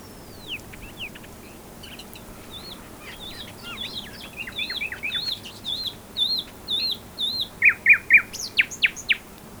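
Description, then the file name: Common nightingale song starting with soft scattered notes, building into looping whistled figures and ending with loud, sharp, evenly repeated notes. "Luscinia megarhynchos"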